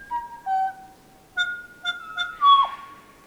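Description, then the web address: Kokako song: several sustained whistled notes alternating between two pitches, ending in a harsh, downward-swooping note. "sound kōkako. دانلود-صدای-پرنده-کوکاکو"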